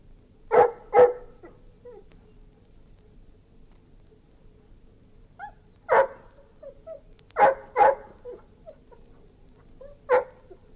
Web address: Golden Retriever barking & whining